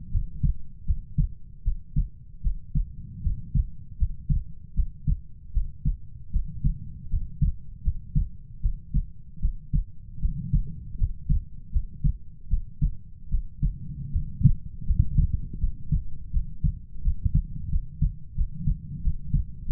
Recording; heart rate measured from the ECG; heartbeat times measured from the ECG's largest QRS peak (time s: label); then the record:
heart sounds by stethoscope; 80 bpm
0.10 s: heartbeat
0.85 s: heartbeat
1.62 s: heartbeat
2.41 s: heartbeat
3.21 s: heartbeat
3.97 s: heartbeat
4.74 s: heartbeat
5.51 s: heartbeat
6.31 s: heartbeat
7.08 s: heartbeat
7.82 s: heartbeat
8.60 s: heartbeat
9.39 s: heartbeat
10.19 s: heartbeat
10.96 s: heartbeat
11.70 s: heartbeat
12.48 s: heartbeat
13.29 s: heartbeat
14.10 s: heartbeat
14.84 s: heartbeat
15.58 s: heartbeat
16.31 s: heartbeat
17.02 s: heartbeat
17.69 s: heartbeat
18.35 s: heartbeat
19.02 s: heartbeat
19.65 s: heartbeat
From the record:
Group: healthy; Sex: female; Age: 19 years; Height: 163 cm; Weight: 48.9 kg